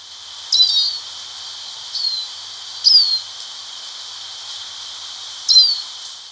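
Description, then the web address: Hooded siskin giving four thin, downslurred high calls at irregular intervals, some doubled, against a soft background hiss. Recorded in Ecuador. "Birds of Ecuador. Hooded Siskin"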